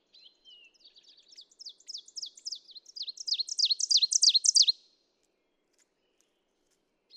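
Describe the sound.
Ovenbird song of quick repeated two-note phrases, soft and scratchy at first, rising steadily to a loud ringing finish before falling silent.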